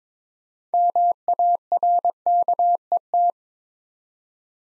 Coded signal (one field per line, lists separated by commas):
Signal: Morse code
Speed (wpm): 22 wpm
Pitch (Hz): 700 Hz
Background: none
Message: MARKET